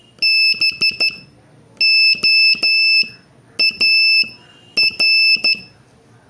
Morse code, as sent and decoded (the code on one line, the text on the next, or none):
-... --- .- .-.
BOAR